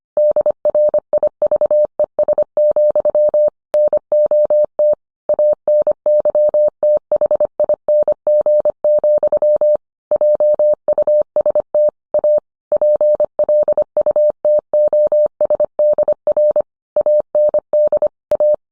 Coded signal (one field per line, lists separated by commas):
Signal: Morse code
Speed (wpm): 24 wpm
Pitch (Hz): 600 Hz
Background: none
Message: DRIVES, NOT ANYTHING, JUST A PLUTOSDR AND A